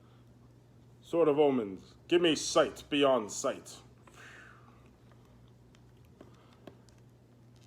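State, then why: Not seated. Someone talks while a plastic toy Sword of Omens is worked into an action figure's hand, a part that is a little tough to get in. Faint small plastic ticks follow in the quiet after the talking. The clip ends before the sword goes home, so nothing has seated yet.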